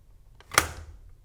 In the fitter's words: Finally, slot the wand back onto the main unit until you hear it click into place.